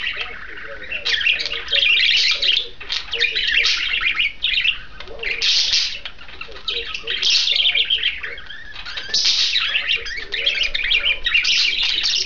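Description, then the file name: Budgerigar warbling chatter, continuous and rapid, with clicks, squeaks and buzzy notes tumbling over each other in uneven bursts throughout. A pair of budgerigars. "suara pasangan parkit. omkicau"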